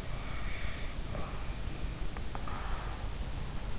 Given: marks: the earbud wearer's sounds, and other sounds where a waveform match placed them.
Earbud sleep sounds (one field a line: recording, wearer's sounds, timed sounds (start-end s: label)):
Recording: sounds in sleep by an in-ear microphone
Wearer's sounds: breath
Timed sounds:
0.15-3.32 s: breath